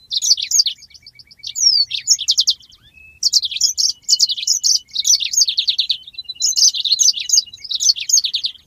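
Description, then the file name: Yellow-fronted canary in near-continuous song, varied high chirps, downward slurs and quick rattling trills tumbling together with only brief gaps. "mozambik omkicau"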